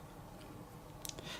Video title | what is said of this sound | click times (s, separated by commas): Blitzway 1/6 Hannibal Lecter Straitjacket version. | is this little strap does come undone but don't worry there's nothing serious just clicks back in done | 1.1 s